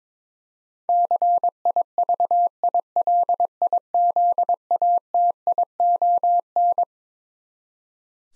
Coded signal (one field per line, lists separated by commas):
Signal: Morse code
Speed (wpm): 22 wpm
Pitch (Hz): 700 Hz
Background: none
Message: CIVILIZATION